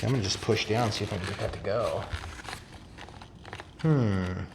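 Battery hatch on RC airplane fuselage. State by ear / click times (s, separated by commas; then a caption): not seated / none. A plastic battery hatch on the foam fuselage of a HobbyZone AeroScout 1.1m RC airplane is pushed down over a battery that has been moved forward, while someone talks before and after. Brief plastic creaks and small snaps are heard between about 2.5 and 3.6 seconds, but the hatch will not go down and has not seated or clicked; the part needs trimming to fit.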